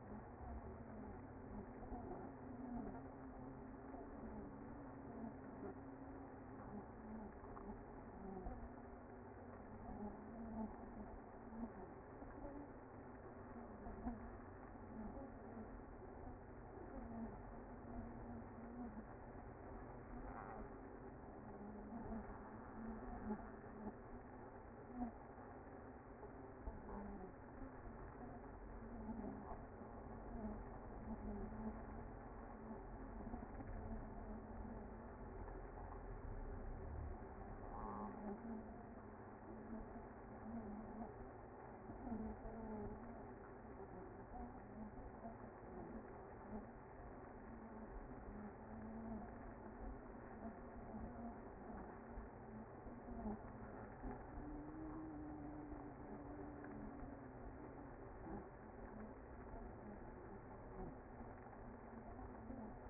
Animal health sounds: honeybee colony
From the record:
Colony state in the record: active

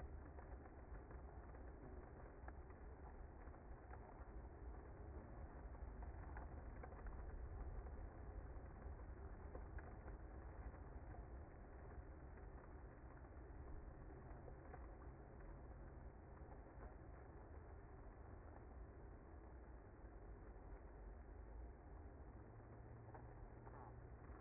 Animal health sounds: honeybee colony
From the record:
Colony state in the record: active

